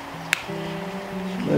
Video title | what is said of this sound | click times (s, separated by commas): Handle bar replacement BMW F700GS | just clicks into place just like that | 0.3 s